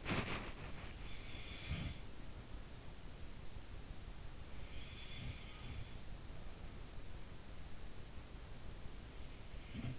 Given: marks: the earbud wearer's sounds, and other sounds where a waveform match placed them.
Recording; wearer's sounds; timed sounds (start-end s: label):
sounds in sleep by an in-ear microphone; body movement
0.00-1.19 s: body movement
1.27-2.51 s: sound from someone else or the room
5.02-6.13 s: sound from someone else or the room
9.34-9.99 s: sound from someone else or the room